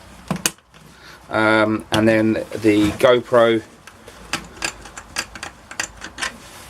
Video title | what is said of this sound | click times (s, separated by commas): NEW HELMET SETUP | So that actually goes in there like that and clicks into place. | 0.5 s